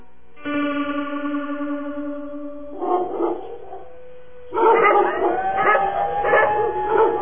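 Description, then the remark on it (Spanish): At night, a sustained, wavering howl rings out, then gives way to a chorus of overlapping barks and yelps from several dogs, loud and echoing, with no one speaking. “¡Ay, otra vez esos perros!”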